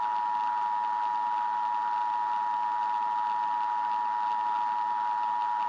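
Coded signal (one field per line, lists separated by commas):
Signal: Emergency Alert System (SAME) tones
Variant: 853 and 960 Hz attention tone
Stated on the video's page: Fictional EAS scenario alert about a hot Jupiter approaching Earth.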